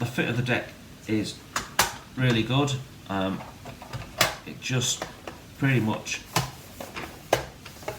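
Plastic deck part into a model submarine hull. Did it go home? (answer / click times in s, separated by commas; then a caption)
yes / 7.3 s. The injection-molded plastic deck of a 1/72 Das Werk WW1 German U-boat SM U-9 model kit is pressed onto the hull while someone talks. It clicks into place at 7.3 s, with a sharp snap among smaller plastic taps. The deck then sits seated on the hull without glue.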